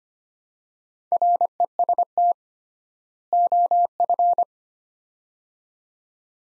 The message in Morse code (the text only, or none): REST OF